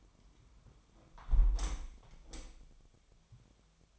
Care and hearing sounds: daily activity, microphone in the room; close window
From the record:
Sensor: 1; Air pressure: 1006.4 hPa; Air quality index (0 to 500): 207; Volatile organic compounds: 23 ppm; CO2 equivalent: 2779 ppm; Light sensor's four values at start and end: 12/30/12/13 and 11/30/11/13

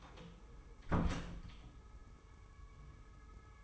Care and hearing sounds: daily activity, microphone in the room; close door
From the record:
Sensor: 1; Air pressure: 1015.2 hPa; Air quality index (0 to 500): 136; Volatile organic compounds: 6 ppm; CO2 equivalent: 1876 ppm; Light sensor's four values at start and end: 14/33/14/15 and 14/33/14/15

